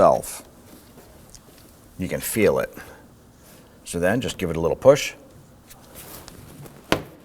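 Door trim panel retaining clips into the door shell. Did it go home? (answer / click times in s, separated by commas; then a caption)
yes / 6.3 s, 6.9 s. Someone talks while pushing the inner trim panel of a 2005–2009 Subaru Legacy rear door against the metal door so its plastic retaining clips line up with the holes. The clips pop into place with a small click at 6.3 seconds and a sharp snap at 6.9 seconds, and the panel is seated.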